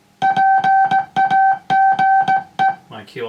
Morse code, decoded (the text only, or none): PAGE